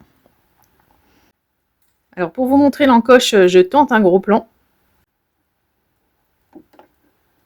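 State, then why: Not seated. A sewing machine presser foot on a Brother Innovis A16 is handled near its presser foot holder in close-up. Someone talks from about 2.2 to 4.5 seconds, and a couple of faint small ticks follow near 6.6 and 6.8 seconds. The foot has not yet clicked onto its holder.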